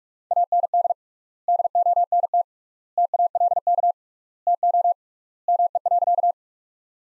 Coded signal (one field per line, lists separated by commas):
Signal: Morse code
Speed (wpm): 46 wpm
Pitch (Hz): 700 Hz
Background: none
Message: AND DONT TALK TO ME.